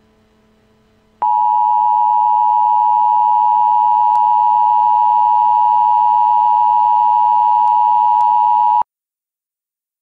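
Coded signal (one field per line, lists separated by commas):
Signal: Emergency Alert System (SAME) tones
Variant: 853 and 960 Hz attention tone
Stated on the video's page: Entirely fictional EAS scenario of an extraterrestrial invasion, using valid EAS tones.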